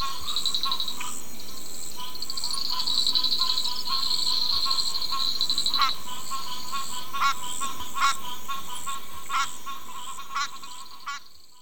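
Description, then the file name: Bibron's ridged frog gives repeated rattling pulse bursts, denser in the second half, alongside a continuous insect hum and a high shrill insect trill early on, fading out at the end. "Ptychadena bibroni"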